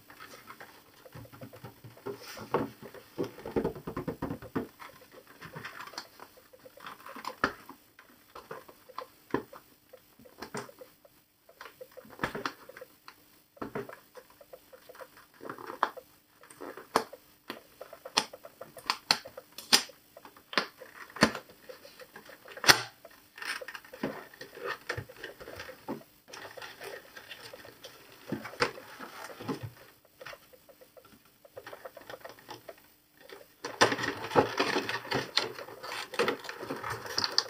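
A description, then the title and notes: Dry tapping and clicking on a game controller, with quick irregular taps and button presses scattered densely. Some taps land sharper and louder than others, and near the end a busier stretch of rubbing and tapping swells up. ASMR Unboxing PS4-Controller | ASMR Controller Sounds and Tapping.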